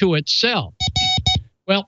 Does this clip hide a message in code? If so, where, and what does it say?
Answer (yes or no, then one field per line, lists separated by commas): no